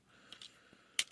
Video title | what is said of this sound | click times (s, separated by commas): EDDIE HILL REVIEWS TRANSFORMERS LEGACY EVOLUTIONS SHADOWSTRIKER based on cyberverse | Tab it into place. Make sure you hear a nice click. | 1.0 s